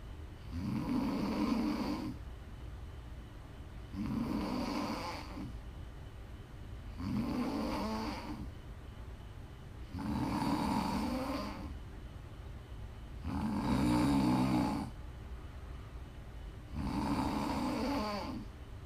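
Six loud, low, rattling snores from a sleeping adult woman come at a steady pace of about 19 a minute, each lasting roughly a second and a half, with quiet breathing between them. The fluttering, vibrating quality is typical of ordinary snoring during sleep, offered as ASMR snoring for relaxing, winding down or falling asleep.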